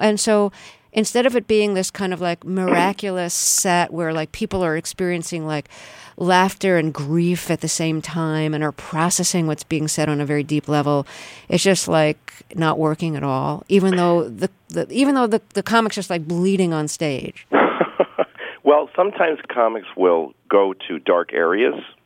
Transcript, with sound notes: And so instead of it being this kind of like miraculous set where, like, people are experiencing, like, laughter and grief at the same time and are processing what's being said on a very deep level, it's just, like, not working at all, even though the comic's just, like, bleeding on stage.
(LAUGHTER) Well, sometimes comics will go to dark areas,